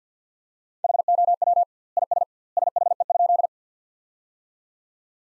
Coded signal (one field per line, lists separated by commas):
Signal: Morse code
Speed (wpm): 50 wpm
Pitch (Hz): 700 Hz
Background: none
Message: HOW IS SHE?